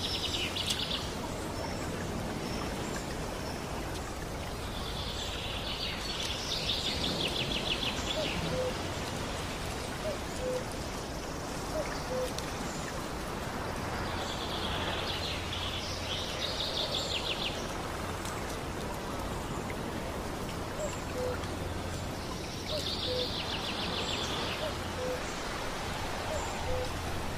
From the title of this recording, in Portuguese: Sons da Natureza